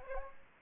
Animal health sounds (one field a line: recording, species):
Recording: mosquito wingbeat signal from an infrared sensor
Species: Aedes aegypti